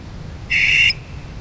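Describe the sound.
Barn owl giving a single harsh, hissing screech lasting under half a second over a low background hum.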